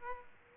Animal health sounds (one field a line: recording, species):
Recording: mosquito wingbeat signal from an infrared sensor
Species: Aedes aegypti